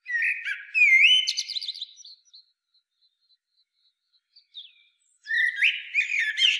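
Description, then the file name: Common blackbird song: a rich whistled phrase with high chatter, silence, then another warbled phrase. "Turdus merula"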